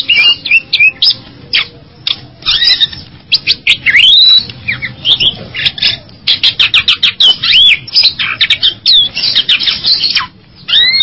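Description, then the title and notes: Bali myna song: busy chatter of sharp clicks, slurred whistles and squawks in quick varied bursts with short gaps. "Jalak Bali 2. Kicau Burung Jalak"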